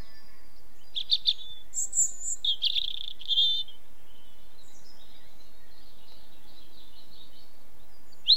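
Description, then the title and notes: European robin singing high, thin, varied phrases over a few seconds, followed by a softer, wavering phrase. Recorded in Devon on 7 May 1981. "[unknown sound recordist. BBC] - Robin – (Erithacus Rubecula) with Distant Sheep (Devon 7.5.81)"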